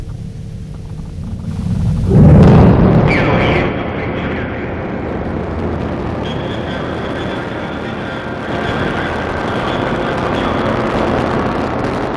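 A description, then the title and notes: A rocket launch. A quiet low hum gives way around two seconds to a loud, deep roar that peaks briefly, then settles into a steady, dense rumble with a faint high whine running through the remaining seconds. ExoMars 2016 Launch. Soundtrack of ExoMars, ESA's new mission to the Red Planet, lifting off from on a Proton-M rocket from Baikonur, Kazakhstan.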